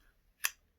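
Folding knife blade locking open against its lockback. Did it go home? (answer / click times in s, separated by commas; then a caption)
yes / 0.5 s. A small folding knife blade is flicked open and its steel lockback snaps into place with a single sharp, bright click at 0.5 seconds, fading quickly into quiet. The blade locks open with a strong, powerful action.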